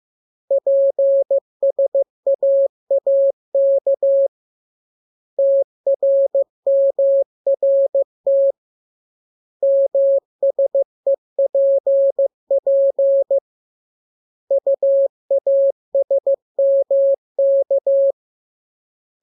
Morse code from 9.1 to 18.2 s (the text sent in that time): MSEPP UASMK